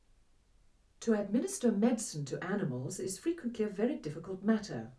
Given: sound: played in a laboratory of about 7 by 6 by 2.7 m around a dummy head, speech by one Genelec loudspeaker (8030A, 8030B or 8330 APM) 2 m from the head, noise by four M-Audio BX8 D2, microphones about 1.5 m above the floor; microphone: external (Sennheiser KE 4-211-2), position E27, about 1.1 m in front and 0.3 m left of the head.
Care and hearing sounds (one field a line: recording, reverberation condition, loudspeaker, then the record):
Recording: female speech in English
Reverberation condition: low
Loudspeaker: 120 degrees to the left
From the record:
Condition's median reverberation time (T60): about 310 ms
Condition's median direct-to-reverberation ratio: about 3.5 dB